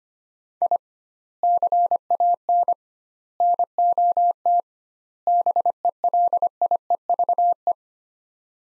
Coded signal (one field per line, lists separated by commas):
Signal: Morse code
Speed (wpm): 25 wpm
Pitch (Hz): 700 Hz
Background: none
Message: I CAN NOT BELIEVE